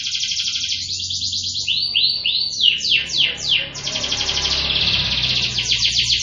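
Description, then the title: Canary song: a rapid buzzy trill, then a series of whistled down-slurred notes, then fast rattling trills again, all high-pitched and continuous. Cengkok song style, a canary song pattern sought by contest judges. "Cengkok kenari mewah yang di cari juri"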